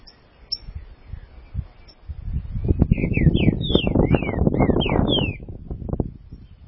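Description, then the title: Green-winged saltator song: a rapid phrase of clear, slurred whistles sweeping up and down, over low rumbling noise. "Trinca Ferro"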